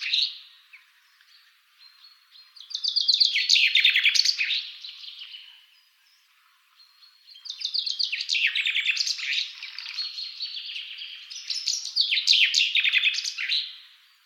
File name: Vink Kroondomein 23 februari 2003 10 uur 46